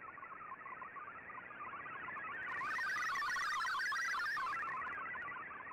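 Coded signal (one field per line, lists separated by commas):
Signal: multi-tone FSK (Olivia or MFSK type)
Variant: MFSK32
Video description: Here is my decode of the Shortwave Radiogram broadcast today on 15770Khz shortwave radio at 1330UTC in MFSK32 and 64 with 10 SSTV images.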